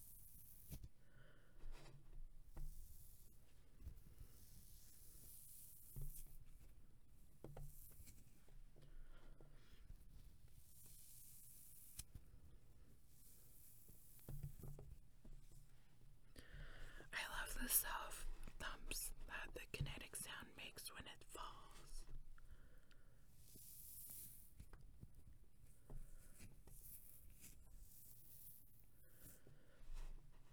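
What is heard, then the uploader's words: Quiet handling of textured material, likely floam and sand, with soft crackles, squishes and rubbing. Brief bright hissy bursts recur every few seconds, and a denser stretch of crackling and scraping peaks around 17–21 seconds over a low steady hum. Playing with Pink Glitter Floam and Kinetic Sand. A bit of lotion sounds and fabric sounds.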